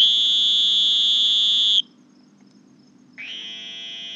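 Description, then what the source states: Sonoran green toad giving a steady, high buzzing trill that stops abruptly, then after a short silence a second buzzy trill begins. Two toads calling together as a duo.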